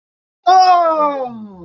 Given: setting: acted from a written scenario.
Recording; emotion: vocal sound without words; positive surprise